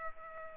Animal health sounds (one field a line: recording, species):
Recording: mosquito wingbeat signal from an infrared sensor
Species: Culex pipiens